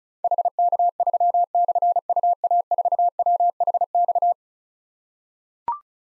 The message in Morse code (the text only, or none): HK3/UA4WHX